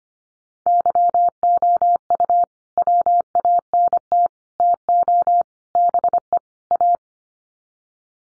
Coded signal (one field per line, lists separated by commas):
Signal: Morse code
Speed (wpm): 25 wpm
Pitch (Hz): 700 Hz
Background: none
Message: YOU WANT TO BE A